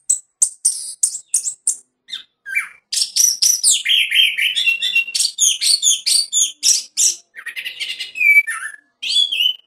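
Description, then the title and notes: Orange-headed Thrush song: sharp high chirps at first, then a dense, varied stream of whistled and buzzy phrases that rise and fall in quick succession. "anis_merah. Kicau Burung Anis"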